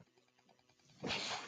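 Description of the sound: Near silence, then a sudden loud airy hiss: a home mechanical ventilator pushing air.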